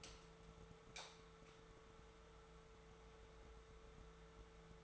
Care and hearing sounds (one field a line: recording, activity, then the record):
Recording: daily activity, microphone in the room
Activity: light on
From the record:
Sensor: 3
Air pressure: 1014.5 hPa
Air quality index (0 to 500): 181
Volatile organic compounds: 18 ppm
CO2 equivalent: 2637 ppm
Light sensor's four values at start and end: 32/80/34/36 and 44/111/47/51